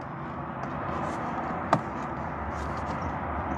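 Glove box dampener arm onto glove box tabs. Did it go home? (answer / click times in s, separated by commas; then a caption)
yes / 1.7 s. On a 2008–2013 Toyota Highlander, the plastic glove box dampener arm is pulled down and slid onto the glove box tabs over a steady background hiss. A single sharp click sounds at 1.7 s as it pops into place. The dampener arm is seated on the tabs.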